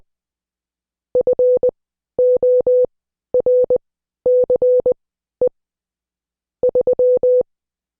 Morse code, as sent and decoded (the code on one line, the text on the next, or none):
..-. --- .-. -.-. . / ...--
FORCE 3